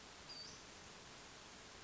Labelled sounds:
Western Flycatcher
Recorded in Sonoma County, California

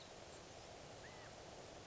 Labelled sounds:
California Quail
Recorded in Sonoma County, California

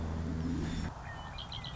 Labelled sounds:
Red-winged Blackbird
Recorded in Sonoma County, California

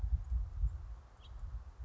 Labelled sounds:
House Finch
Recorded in Sonoma County, California

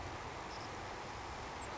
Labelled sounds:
Savannah Sparrow
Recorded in Sonoma County, California

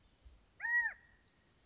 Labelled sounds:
California Quail
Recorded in Sonoma County, California

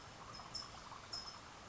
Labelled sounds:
California Towhee
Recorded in Sonoma County, California

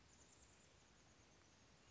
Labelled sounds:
Chestnut-backed Chickadee
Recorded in Sonoma County, California

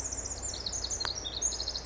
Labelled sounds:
Pacific Wren
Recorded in Sonoma County, California

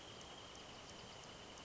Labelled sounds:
Wrentit
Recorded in Sonoma County, California

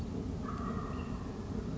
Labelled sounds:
Wild Turkey
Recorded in Sonoma County, California

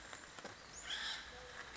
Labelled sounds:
Acorn Woodpecker
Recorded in Sonoma County, California

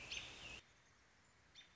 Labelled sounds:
American Robin
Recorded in Sonoma County, California

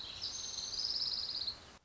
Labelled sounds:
Orange-crowned Warbler
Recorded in Sonoma County, California

